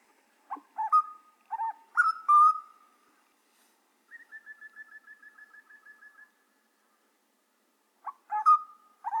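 Grey butcherbird song: piping whistled notes, then a soft, even run of repeated short notes, then more clear whistles.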